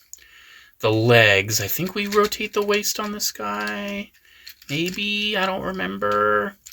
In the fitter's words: There we go. Got to hear that little click.